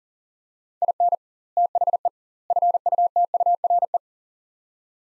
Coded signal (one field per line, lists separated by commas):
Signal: Morse code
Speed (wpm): 37 wpm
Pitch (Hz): 700 Hz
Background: none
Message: IN THE FUTURE